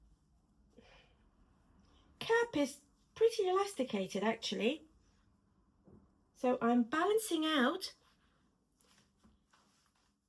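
Someone talks while lining up a wig's ear tabs and combs on an elasticated wig cap, balancing the ear tabs before the comb goes into the wearer's hair near the ear tab. Only faint handling noises are heard between the speech, with a small tap at 8.8 s. The comb has not clicked into place yet.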